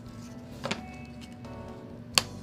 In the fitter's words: Like so. So that one snapped into place.